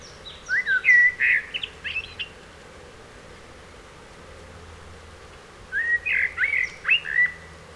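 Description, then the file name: Common blackbird delivering two warbling phrases of low, fluty whistles mixed with higher scratchy notes, separated by about three seconds of quiet background. "Turdus merula"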